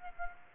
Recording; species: mosquito wingbeat signal from an infrared sensor; Aedes aegypti